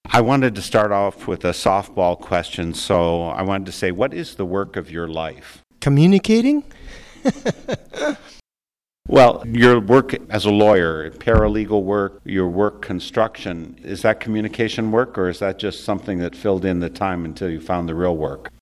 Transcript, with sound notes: I wanted to start off with a softball question, so I wanted to say what is the work of your life?
Communicating? (laughing)
Well, your work as a lawyer, paralegal work, your work construction, is that communication work, or is that just something that filled in the time until you found the real work?